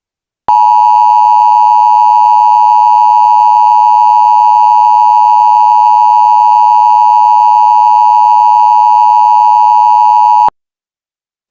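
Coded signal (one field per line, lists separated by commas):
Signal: Emergency Alert System (SAME) tones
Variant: 853 and 960 Hz attention tone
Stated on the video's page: Mock, self-made severe thunderstorm warning, not a real alert.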